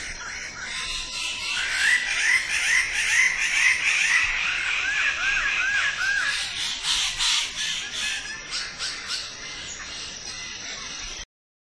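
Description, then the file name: Wallace's standardwing producing loud, fast sequences of rasping notes over a high drone; the recording cuts off near the end. "suara burung bidadari"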